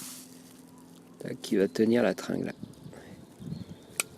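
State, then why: Seated. A small plastic clip is pushed onto a new exterior car door handle for a Peugeot or Citroën to hold the latch rod. Someone talks over quiet background noise. At 4.0 s a sharp snap is heard as the clip seats home.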